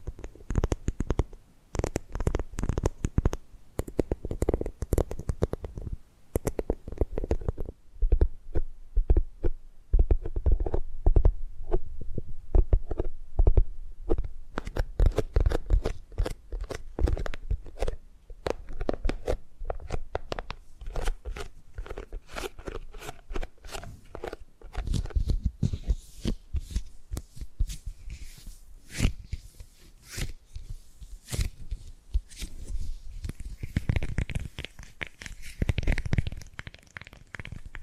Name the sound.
Tapping and Gripping Sounds